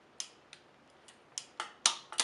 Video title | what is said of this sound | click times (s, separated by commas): Italian Thread Shimano Dura-Ace (BB-R9100) Bottom Bracket Replacement | okay i'll go back to this one and it should probably click on this one let's see listen for that little click | 1.9 s